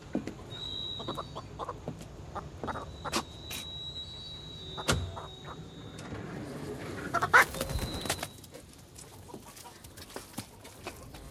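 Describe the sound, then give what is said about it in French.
Black hens cluck and squawk in a slatted crate, with scattered sharp knocks and rustling scrapes, a few thin high squeals, and a louder flurry of flapping and clatter toward the end. “Une caisse à claire-voie, pleine de poules. Rien que des poules noires.”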